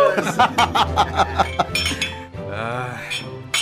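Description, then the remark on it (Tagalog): Glasses clink together in a toast, a quick series of bright, ringing taps over a low hum, followed by people talking and laughing softly. “Cheers!”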